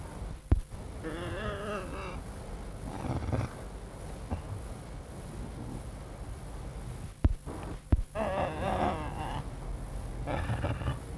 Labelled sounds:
Eurasian Lynx

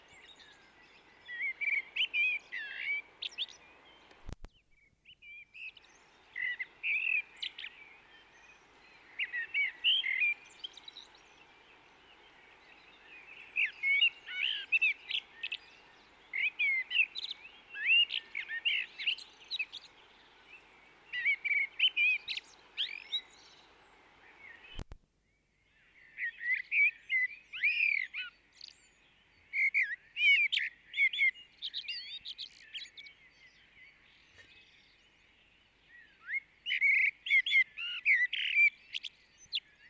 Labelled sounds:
Common Blackbird song

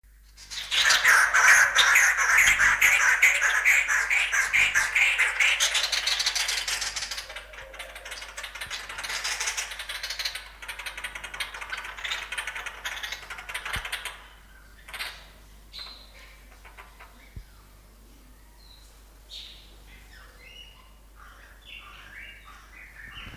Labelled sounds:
White-headed Barbet call

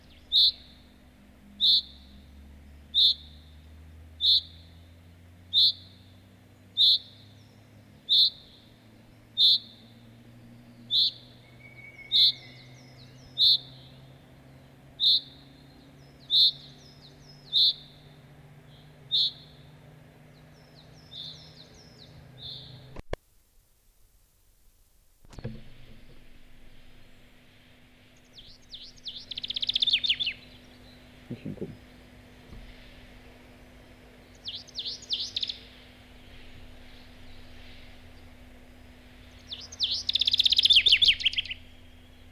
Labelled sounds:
Common Chaffinch

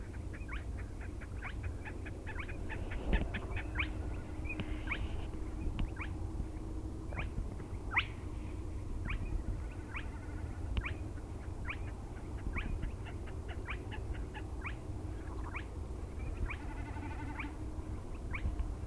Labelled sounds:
Common Snipe bleating

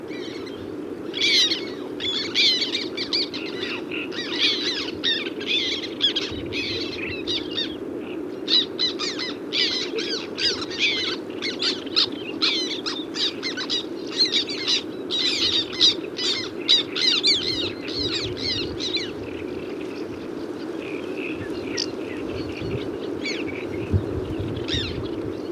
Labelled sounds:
Black Tern call

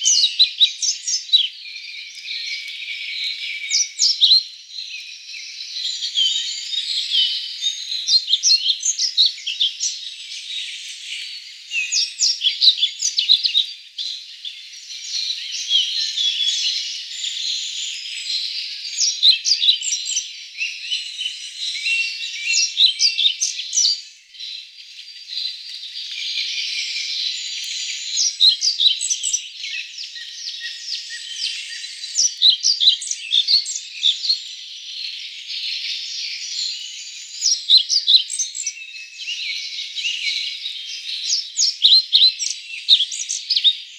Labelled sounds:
European Pied Flycatcher song

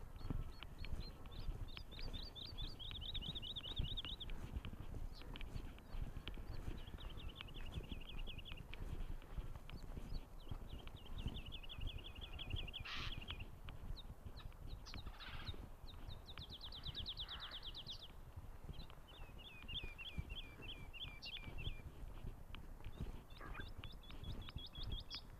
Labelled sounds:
Wood Lark song

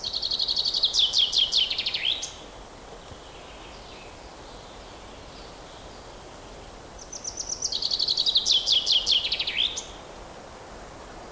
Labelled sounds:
Common Chaffinch

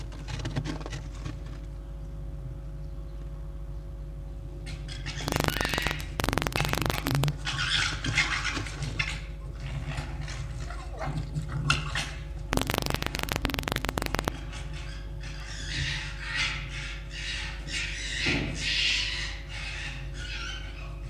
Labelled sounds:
Red Fox

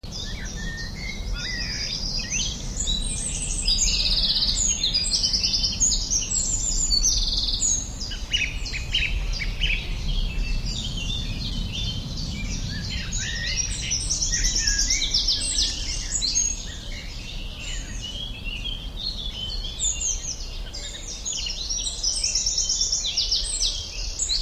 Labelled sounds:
Eurasian Wren song

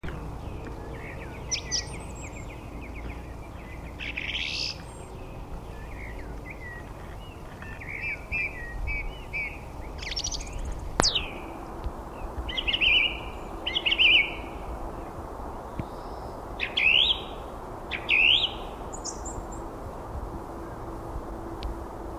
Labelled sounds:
Song Thrush song

